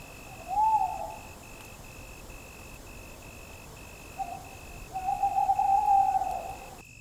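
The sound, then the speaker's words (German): At night, a small owl calls from a small pine forest in the Lausitz heath near Ottendorf-Okrilla, Germany: a short hoot, then after a pause a longer, wavering mid-pitched call, over a steady faint hiss with a thin high tone throughout. “Aus dem Wald ruft ein Käuzchen.”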